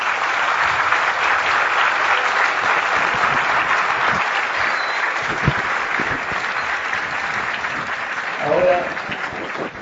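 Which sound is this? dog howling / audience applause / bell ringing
audience applause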